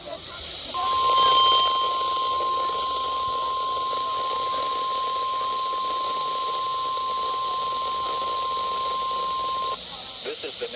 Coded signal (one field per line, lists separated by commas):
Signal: Emergency Alert System (SAME) tones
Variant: 1050 Hz attention tone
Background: speech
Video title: EAS 6480-6557 Mega EAS Compilation from Camp and tests as of 8/25/2024